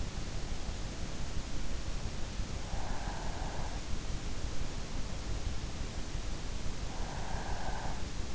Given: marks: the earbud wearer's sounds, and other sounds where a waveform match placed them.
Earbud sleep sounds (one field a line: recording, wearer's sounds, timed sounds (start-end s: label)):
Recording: sounds in sleep by an in-ear microphone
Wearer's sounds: breath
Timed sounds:
2.59-4.08 s: breath
6.77-8.20 s: breath